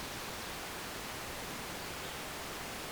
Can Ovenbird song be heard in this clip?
no